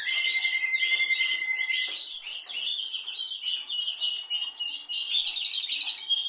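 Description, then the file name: Canary song opening with a long, level whistled note, then breaking into dense, fast twittering and bubbling chirps. "Canary Voice"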